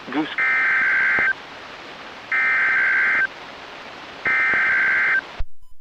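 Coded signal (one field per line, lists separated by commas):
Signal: Emergency Alert System (SAME) tones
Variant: header bursts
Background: speech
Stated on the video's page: NOAA Weather Radio alerts from KHB36 162.550, WXM42 162.475, WNG736 162.450 and KEC83 162.400 MHz, received on Reecom and Sangean radios.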